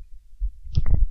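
Dull low thumps, about one to two beats in a very short stretch, from an adult's heartbeat picked up by a microphone held to the chest in place of a stethoscope. A brief rustle of handling noise overlaps the beats; no murmur or other added sound stands out.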